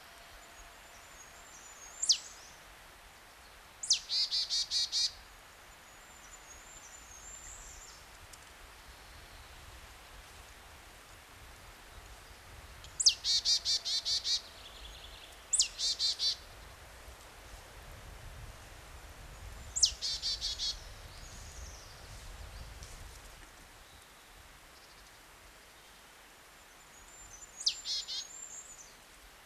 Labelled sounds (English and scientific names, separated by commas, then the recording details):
Marsh Tit (Poecile palustris) song
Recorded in the wild
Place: Oberstdorf, Bayern, DE
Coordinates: 47.41, 10.2792
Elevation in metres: 809
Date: 1979-04-13
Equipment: Uher 4000 Report
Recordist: Tretzel, Erwin